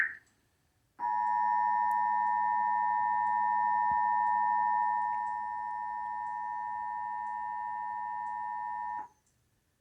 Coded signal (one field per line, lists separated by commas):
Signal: Emergency Alert System (SAME) tones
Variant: 853 and 960 Hz attention tone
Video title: Emergency Alert System-Severe Thunderstorm Warning #SpectrumFail